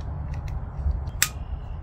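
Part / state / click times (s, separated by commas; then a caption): magnetic clasp of a camera neck mount / seated / 1.2 s. The magnetic clasp of a Telesin neck mount for a GoPro camera is closed behind the neck without being seen. After a few faint ticks around 0.3 and 0.5 s over a low steady rumble, a sharp, bright plastic click sounds at 1.2 s as the clasp locks shut.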